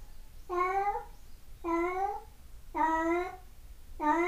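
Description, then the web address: Domestic cat giving four level meows, each under a second long and spaced about a second apart, the last cut off, over a low background hum. Dated 1 May 2008. "cat cat 20080501-0841"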